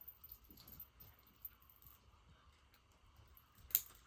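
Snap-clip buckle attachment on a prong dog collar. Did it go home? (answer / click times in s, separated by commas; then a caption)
yes / 3.8 s. A metal snap-clip buckle attachment is fitted into the links of a metal prong dog collar and pressed until it snaps in. Soft metallic jingling and small clinks from handling the links lead up to one sharp, bright click at 3.7 s. The buckle is seated, snapped in and snug.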